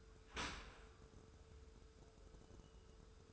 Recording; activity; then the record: daily activity, microphone in the room; open dishwasher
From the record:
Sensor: 2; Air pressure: 1014.8 hPa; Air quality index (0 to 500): 25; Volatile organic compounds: 0 ppm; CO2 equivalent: 503 ppm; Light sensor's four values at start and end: 10/22/9/9 and 10/22/9/9